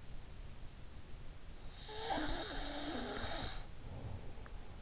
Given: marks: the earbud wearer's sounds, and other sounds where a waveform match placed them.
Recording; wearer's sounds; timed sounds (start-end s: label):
sounds in sleep by an in-ear microphone; snoring breath
1.87-4.66 s: snoring breath